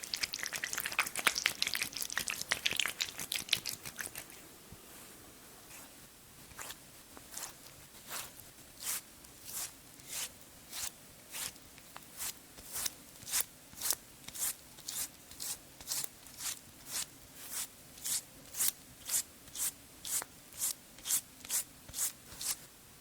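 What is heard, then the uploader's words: Skin care sounds: for the first four seconds a dense, bright rubbing and scrubbing fills the space. After a brief quiet, soft crisp taps take over, falling at a steady pace of about one per second and gradually growing firmer through the end. TimASMR-Layered Skin Care Sounds (Cleansing, Scrubbing, Tapping, Face Touching, No Talking).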